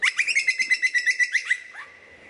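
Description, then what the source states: Lyrebird song: a fast run of about a dozen sharp, bright repeated notes over roughly one and a half seconds, ending in a softer falling note. Song variations.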